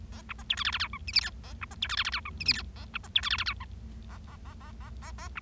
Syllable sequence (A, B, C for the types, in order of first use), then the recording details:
A B C D E F F G H I J K A B C D E F F G H I J K A B C D E F F G H A A A A A A A B. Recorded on 25 March 2012 at 14:53. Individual gy6or6